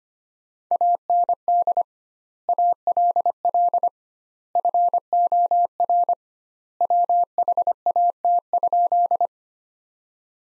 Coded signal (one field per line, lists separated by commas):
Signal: Morse code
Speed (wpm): 25 wpm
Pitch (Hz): 700 Hz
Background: none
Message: AND ALL FOR WHAT?